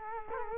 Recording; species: mosquito wingbeat signal from an infrared sensor; Culex quinquefasciatus